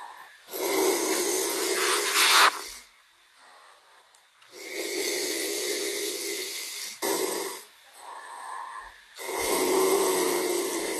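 Snoring from an adult sleeper: loud, noisy inspiratory snores with broadband hiss, separated by quieter pauses.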